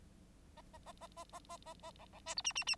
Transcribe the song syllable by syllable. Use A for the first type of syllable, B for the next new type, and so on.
A A A A A A A A A B B C D E E E